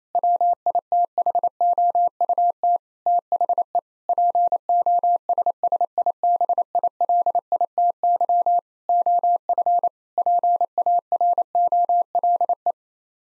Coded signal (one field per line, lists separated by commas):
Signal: Morse code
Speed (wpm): 28 wpm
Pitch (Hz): 700 Hz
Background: none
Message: WITHOUT THE POSSIBILITY OF PAROLE